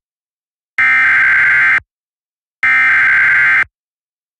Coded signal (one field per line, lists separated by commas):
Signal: Emergency Alert System (SAME) tones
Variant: header bursts